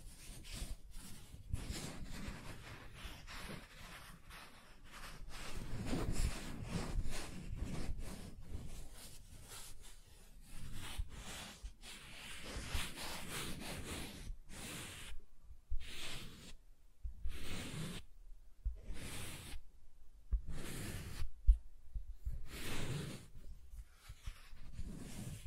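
Soft tracing across a surface, a continuous scratchy rubbing that swells and fades in slow strokes through the first half. After about 15 seconds it breaks into separate strokes with short silent gaps between them, each one a brief brushing sweep.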